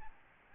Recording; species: mosquito wingbeat signal from an infrared sensor; Aedes albopictus